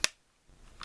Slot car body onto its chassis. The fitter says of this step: and you can hear it a little bit when you click it together